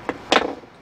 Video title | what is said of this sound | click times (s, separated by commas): 2 Pole toggle Switch and T-Tap | you give it a squish so that it locks in place it's got a locking on the front you can undo it if you need to | 0.1 s, 0.4 s